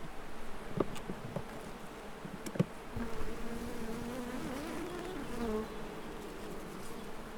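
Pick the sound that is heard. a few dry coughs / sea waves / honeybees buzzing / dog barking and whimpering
honeybees buzzing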